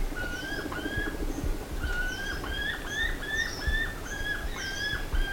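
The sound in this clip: Bird calls: whistled notes, each sliding slightly, repeated in quick series over a low steady rumble.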